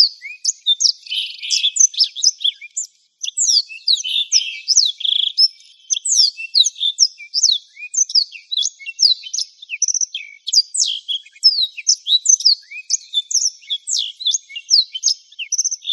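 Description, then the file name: Black-throated canary song: a long, nearly unbroken stream of quick, high chirps, whistles and trills, energetic and varied throughout. "suara burung blackthroat"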